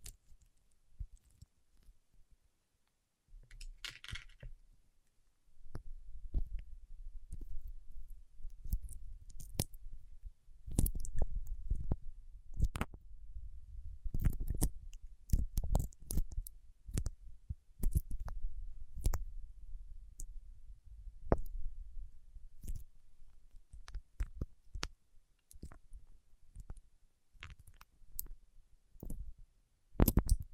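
Fingertips coated in wax rub and tap, making a run of sticky clicks and soft crackles at an uneven pace. A low rubbing murmur sits underneath, with sharper snaps near 11, 14 and 30 seconds. The first few seconds are nearly silent.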